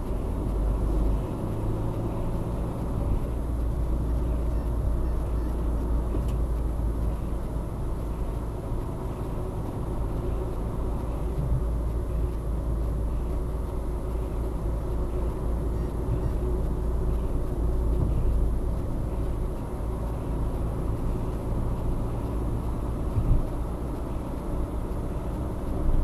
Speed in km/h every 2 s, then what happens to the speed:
53, 57, 61, 62, 56, 56, 59, 59, 59, 58, 59, 63, 64.
0-4 speeds up to 61. 4-19 steady at about 59. 19-26 speeds up to 64.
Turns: none.